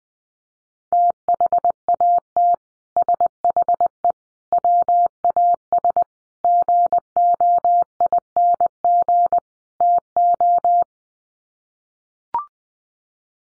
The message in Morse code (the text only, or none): THAT SHE WAS GOING TO